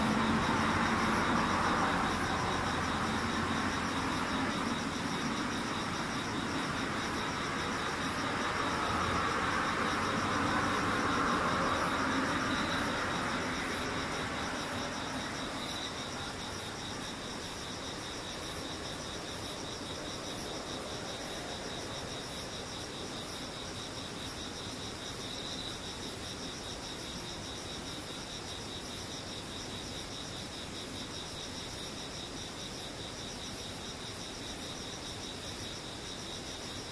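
Insects sing steadily throughout, a continuous high whine layered with a very bright, evenly spaced pulsing chirp. For the first fifteen seconds a low rushing rumble, like a passing vehicle, sits underneath before fading away, leaving the insect chorus alone.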